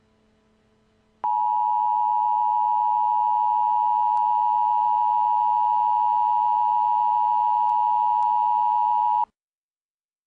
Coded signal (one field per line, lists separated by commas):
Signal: Emergency Alert System (SAME) tones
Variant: 853 and 960 Hz attention tone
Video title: Robbie Rotten Is Afraid Of The Emergency Alert System